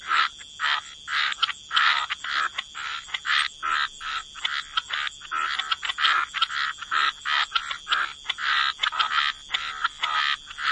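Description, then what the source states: Frogs croaking in many quick rasping bursts over a persistent thin high tone. Frog chorus.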